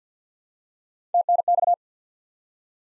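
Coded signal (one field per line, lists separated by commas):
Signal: Morse code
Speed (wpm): 50 wpm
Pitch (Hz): 700 Hz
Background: none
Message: TNX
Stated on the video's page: Morse practice drill of common QSO elements at 50 wpm; each element sent in Morse, spoken, then sent again.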